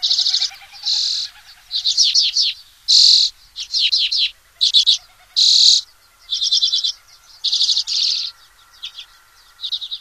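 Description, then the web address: Hoary redpoll calls: dry, buzzy chattering bursts, each about half a second long, repeated roughly every second. "Songs of Birds of North America Stokes. Hoary Redpoll"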